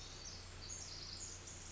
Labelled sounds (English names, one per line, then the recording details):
Pacific Wren
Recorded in Sonoma County, California